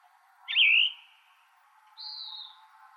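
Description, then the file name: Plumbeous vireo uttering one loud burry, slurred phrase, followed by a softer thin high note, over steady background noise. "PLVI 9 deviche"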